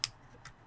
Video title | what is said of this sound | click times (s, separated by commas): Saicoo Bluetooth 4.0 Receiver for Car | so does the back snaps right in there which is awesome | 0.0 s